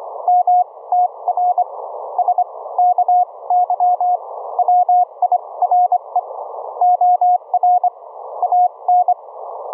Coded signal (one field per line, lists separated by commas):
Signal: Morse code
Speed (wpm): 25 wpm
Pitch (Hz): 720 Hz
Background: none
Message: MTRS KY WIRE OR AN